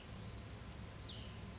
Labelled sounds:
Blue-gray Gnatcatcher
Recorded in Sonoma County, California

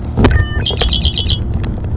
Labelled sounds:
Red-winged Blackbird
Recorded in Sonoma County, California

